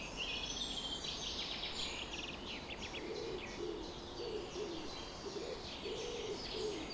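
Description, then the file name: Birds singing a dawn chorus: dense high chirps and rapid trills layered together, while a low cooing call repeats through the second half. Summer morning bird chorus recorded at 4:40 am. "summer morning bird chorus-4 40 am in cobs"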